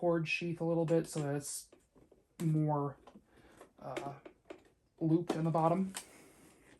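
Someone talks while handling the hose connector on a 1993 Hoover Futura canister vacuum, lowering the cord sheath so it loops at the bottom during setup. A few soft handling taps and rustles sit between the words. The hose connection has not locked into the canister yet, and nothing has clicked or seated.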